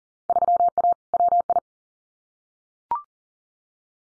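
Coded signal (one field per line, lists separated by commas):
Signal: Morse code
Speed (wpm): 40 wpm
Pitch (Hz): 700 Hz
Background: none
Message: 3A WI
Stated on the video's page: Morse practice at 40 wpm: Field Day exchanges, each sent, spoken, then sent again for head-copy.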